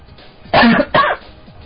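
Two short, harsh coughs about 0.4 seconds apart break into a quiet room, each a forceful noisy burst with a throat-clearing quality, from an adult man with a cough that has persisted for two to three weeks, now with a slight fever.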